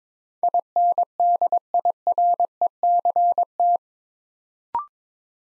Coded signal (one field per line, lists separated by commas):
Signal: Morse code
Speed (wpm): 22 wpm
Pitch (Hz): 700 Hz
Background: none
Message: INDIRECT